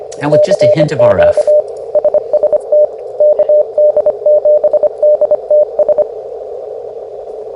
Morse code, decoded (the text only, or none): CQ SST KD7DTS